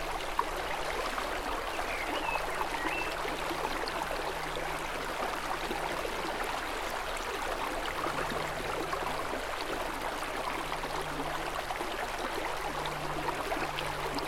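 A small river rushes in a steady, dense wash with no pauses across the whole stretch, its hiss reaching well into the bright range. Underneath runs a faint low hum that swells slightly around the middle and again near the end.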